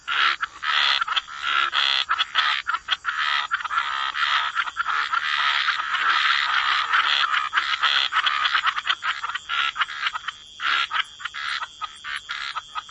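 Frog chorus, dense overlapping croaks forming a continuous wall of sound with rapid pulsing calls and brief gaps.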